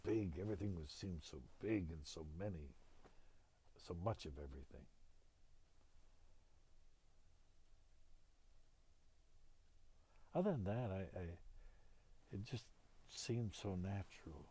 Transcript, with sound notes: big, everything seemed so big and so many, so much of everything. (he pauses) Other than that, I, it just seemed so natural.